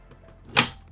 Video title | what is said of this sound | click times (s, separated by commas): The BEST Budget OLED 34" UltraWide Curved Gaming Monitor of 2024 ? INNOCN 34Q1R Review | going hear a nice click | 0.6 s